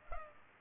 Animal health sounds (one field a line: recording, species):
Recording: mosquito wingbeat signal from an infrared sensor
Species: Culex pipiens